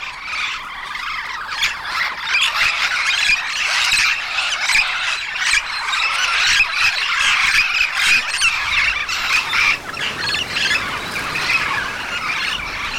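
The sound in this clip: Yellow-shouldered parrot keeping up a long, loud run of scratchy squawks, easing slightly near the end.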